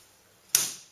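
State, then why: Seated. A steam hose connector is pushed into the socket of a steam cleaner base behind its open flap. A single sharp, loud click sounds at 0.6 s as the locking catch engages, followed by a brief decaying ring. The hose is locked in place.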